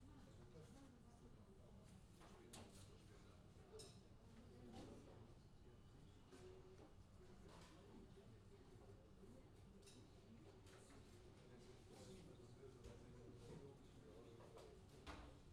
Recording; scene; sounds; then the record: everyday scene through a hearing-aid microphone; many people talking; many voices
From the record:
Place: university cafeteria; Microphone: in the ear canal, left